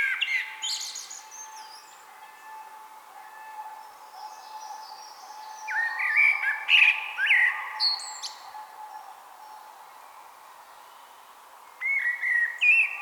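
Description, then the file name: Eurasian blackbird song: several separate warbled, whistled phrases with thin high flourishes, spaced by pauses of a few seconds, a low constant hum underneath. "Turdus merula"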